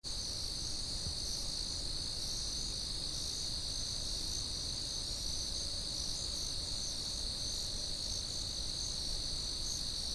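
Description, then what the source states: Steady cricket chirping forms a constant high-pitched wall of sound, with a quiet low hum underneath. Constant, generic cricket chirping.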